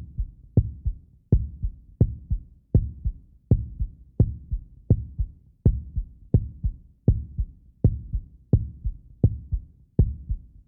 Heart Beat on Stethoscope.